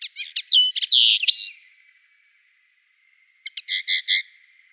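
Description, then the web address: Eurasian linnet singing a rapid twitter of chirps and buzzy notes, a pause, then a few short repeated notes. "Schulze Peter Eurasian Linnet song"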